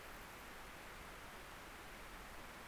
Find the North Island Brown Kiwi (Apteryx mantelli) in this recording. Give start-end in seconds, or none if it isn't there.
none